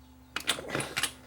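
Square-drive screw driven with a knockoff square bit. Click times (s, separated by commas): 0.4 s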